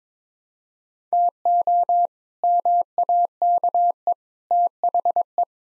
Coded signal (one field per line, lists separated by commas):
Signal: Morse code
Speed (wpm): 22 wpm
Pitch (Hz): 700 Hz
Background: none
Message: TO MAKE THE